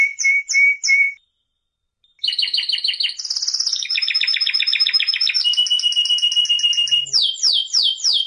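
Canary song opening with three clear whistles, a short pause, then a varied chain of rapid trills and rolls ending in sweeping descending notes.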